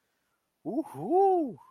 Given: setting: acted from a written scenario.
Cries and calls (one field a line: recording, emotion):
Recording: vocal sound without words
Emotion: triumph